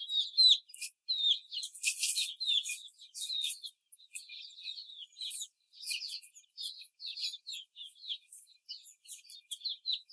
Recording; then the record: young laying hens in a cage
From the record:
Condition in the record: before the stressor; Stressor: simulated dog barking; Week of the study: 4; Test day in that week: 3